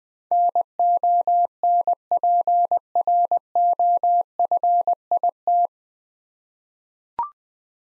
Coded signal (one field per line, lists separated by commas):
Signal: Morse code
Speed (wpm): 20 wpm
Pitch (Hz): 700 Hz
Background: none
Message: NONPROFIT